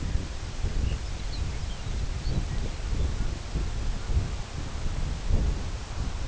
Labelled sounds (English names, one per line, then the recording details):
Lapland Longspur
unidentified sound
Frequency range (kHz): Lapland Longspur 1.8-5.5 kHz
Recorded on Arctic tundra, site CORI-1, on 18 June 2018
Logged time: 22:00